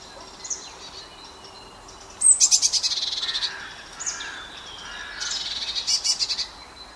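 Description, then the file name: Eurasian blue tit scolding with two buzzy churring rattles, each a quick run of harsh notes, separated by softer calls and faint chirps. "Cyanistes caeruleus"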